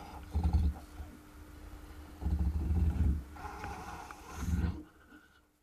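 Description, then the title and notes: Wolverine giving three deep, rough growling bursts about two seconds apart. "Ahma. Paavo Hellstedt"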